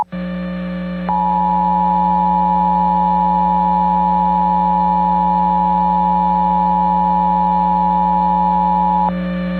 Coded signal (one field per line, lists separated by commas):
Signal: Emergency Alert System (SAME) tones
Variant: 853 and 960 Hz attention tone